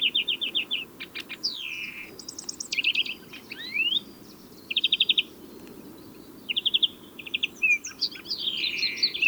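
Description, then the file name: European greenfinch giving a varied string of buzzy trills, sliding chirps and twitters in quick succession. "Chloris chloris"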